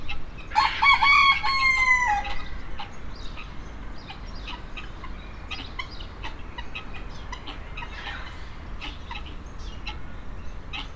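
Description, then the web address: Rooster crow, loud and hoarse and lasting nearly two seconds, followed by scattered clucks and clicking sounds over steady background rumble. Recorded in 2010 in the farmyard section of Nyíregyháza Zoo. "allathangok nyiregyhazizoo 2010 standardt parasztudvar gyongytyukeskakas"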